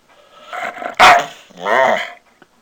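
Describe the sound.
Labrador Retriever barking: a low rumbling lead-in, one sharp loud bark, then a longer wavering growl.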